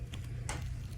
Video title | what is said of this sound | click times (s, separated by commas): LVAD Dressing Change | until the first tab pulls completely through the slit and locks in place. | 0.1 s, 0.5 s